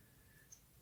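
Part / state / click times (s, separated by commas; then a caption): clamp of a 3D-printed phone holder locking closed / seated / 0.5 s. The clamp of an open 3D-printed PLA phone holder is pushed closed and released, giving one short, sharp click at 0.5 s over a quiet background. The clamp catches and stays locked shut.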